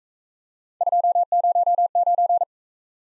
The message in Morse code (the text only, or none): 209